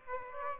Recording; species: mosquito wingbeat signal from an infrared sensor; Aedes aegypti